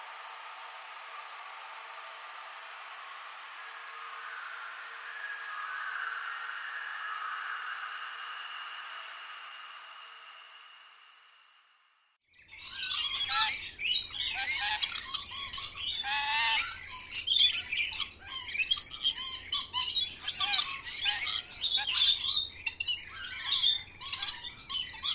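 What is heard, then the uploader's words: Rainforest sounds: for the first ten seconds a steady, faint wash of high insect-like hiss and hum, swelling slightly midway, then a brief silence. From about thirteen seconds a dense, bright chorus of rapid bird chirps and squawks takes over, busy until the end. Soothing Sounds of the Rainforest.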